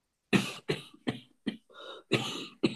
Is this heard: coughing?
yes